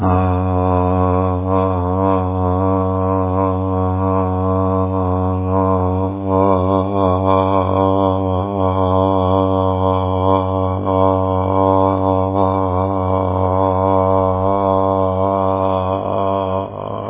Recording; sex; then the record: sustained vowel /a/; male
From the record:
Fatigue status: no fatigue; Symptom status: symptomatic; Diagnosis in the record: COVID-19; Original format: 3gp